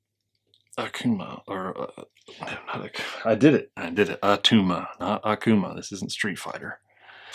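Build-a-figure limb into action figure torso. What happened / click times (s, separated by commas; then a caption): Handled, not yet home: no seating click, only talk / none. Someone talks while handling a build-a-figure limb, pressing it toward the plastic torso of a Hasbro Marvel Legends Black Panther: Wakanda Forever Attuma action figure. A few faint taps sound near the start. The limb has not yet snapped into place and nothing has clicked or seated by the end.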